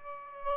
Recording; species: mosquito wingbeat signal from an infrared sensor; Aedes aegypti